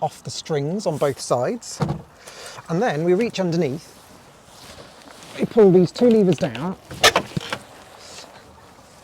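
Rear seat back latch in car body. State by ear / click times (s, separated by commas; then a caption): released / 7.2 s, 7.4 s, 7.5 s. Someone talks while pulling two levers down to release the folding rear seat back of a small car. A sharp hit at 7.2 s is followed by two smaller ones at 7.4 and 7.5 s as the rear seat back latches in the car body let go, and the back rest is released.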